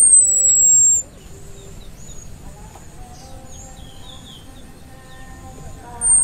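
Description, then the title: Orange-headed thrush giving a thin, very high whistle that slides gently downward for about a second, with a second one starting at the end; faint other bird notes behind. Cip and brebetan call types. "Anis Merah Suara Cip & Brebetan"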